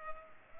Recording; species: mosquito wingbeat signal from an infrared sensor; Culex pipiens